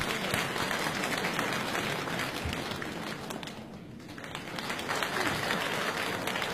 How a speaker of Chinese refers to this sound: 那么下面呢，我们再请他们出来为大家表演他们的家演小段，大家 掌声有请两位。